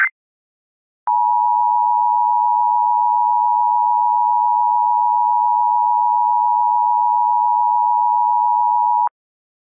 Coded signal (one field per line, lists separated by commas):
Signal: Emergency Alert System (SAME) tones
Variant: 853 and 960 Hz attention tone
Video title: EAS Scenario #6 The Red Flash (Remastered) in collaboration with @HiatusUntilDecember1st